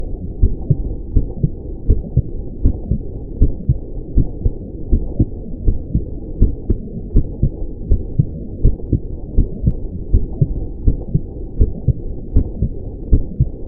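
Steady, low, muffled thumps repeat at about 80 beats a minute in a regular rhythm, with a soft hum underneath: an ordinary heartbeat.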